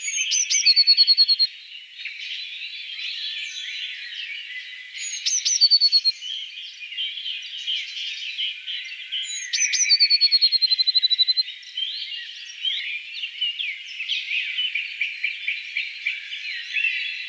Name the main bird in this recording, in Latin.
Cyanistes caeruleus